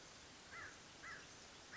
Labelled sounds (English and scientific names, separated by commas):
American Crow (Corvus brachyrhynchos)